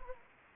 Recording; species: mosquito wingbeat signal from an infrared sensor; Anopheles gambiae